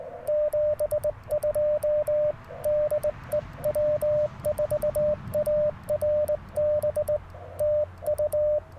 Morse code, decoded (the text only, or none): 72 DE W4ARB TU